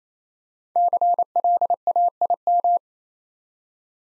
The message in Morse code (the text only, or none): CLAIM